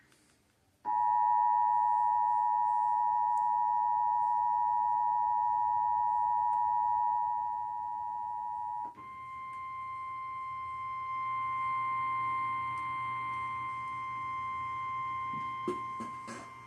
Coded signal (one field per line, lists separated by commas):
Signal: Emergency Alert System (SAME) tones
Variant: 853 and 960 Hz attention tone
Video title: Emergency Alert System-Flash Flood Warning #5